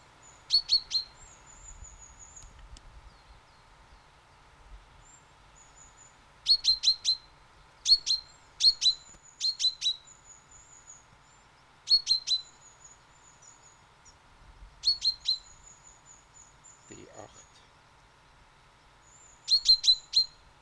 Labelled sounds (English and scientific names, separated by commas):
Common Chaffinch (Fringilla coelebs) call